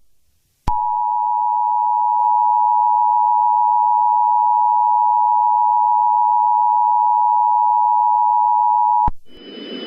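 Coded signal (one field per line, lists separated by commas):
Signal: Emergency Alert System (SAME) tones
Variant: 853 and 960 Hz attention tone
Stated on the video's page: Fictional EAS scenario about a nationwide hurricane.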